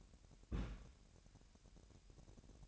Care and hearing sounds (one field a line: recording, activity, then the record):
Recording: daily activity, microphone in the room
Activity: place on stove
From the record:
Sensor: 2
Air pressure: 1011.9 hPa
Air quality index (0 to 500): 196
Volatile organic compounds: 3 ppm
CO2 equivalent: 1393 ppm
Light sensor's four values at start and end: 70/166/68/66 and 70/165/68/66